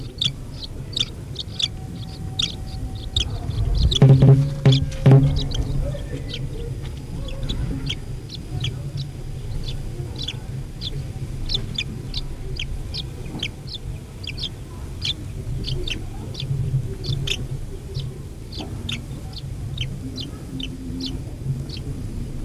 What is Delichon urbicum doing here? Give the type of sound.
call